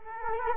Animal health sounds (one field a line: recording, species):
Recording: mosquito wingbeat signal from an infrared sensor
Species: Culex quinquefasciatus